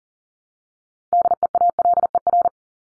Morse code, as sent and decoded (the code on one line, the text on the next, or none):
-.. . .- .-.. . .-.
DEALER